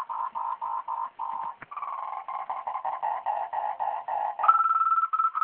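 Frog calling with a steady series of short buzzy notes, a few per second, that step from a lower pitch to a higher, more tonal, drawn-out note near the end.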